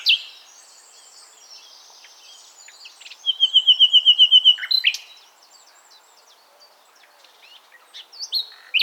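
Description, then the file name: Common nightingale song phrase: a loud, rapid series of identical high notes repeated for about a second and a half, with softer scattered notes before and after. "Luscinia megarhynchos"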